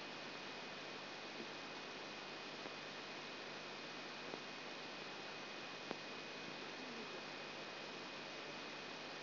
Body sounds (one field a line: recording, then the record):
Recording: brain microelectrode recording played as sound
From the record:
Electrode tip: outside the subthalamic nucleus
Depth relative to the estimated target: -4 mm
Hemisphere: left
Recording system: AlphaMap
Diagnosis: Parkinson's disease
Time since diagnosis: 12 years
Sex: female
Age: 47 years